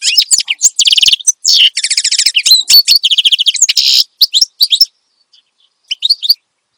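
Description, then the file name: Finch song: rapid high chirps and buzzy trilled phrases, several long rattling bursts, then scattered short notes with brief pauses near the end. Vigorous finch singing ('gacor dor'), recorded as suitable tutor audio for training songbirds ('masteran'). "Suara Kicauan Burung Finch Gacor Dor Cocok Untuk Masteran"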